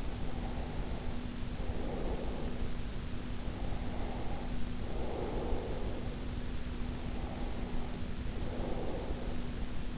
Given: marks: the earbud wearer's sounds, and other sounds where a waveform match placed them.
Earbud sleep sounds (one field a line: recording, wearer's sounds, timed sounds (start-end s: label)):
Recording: sounds in sleep by an in-ear microphone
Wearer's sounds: breath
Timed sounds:
0.00-2.81 s: breath
3.34-6.39 s: breath
6.75-9.70 s: breath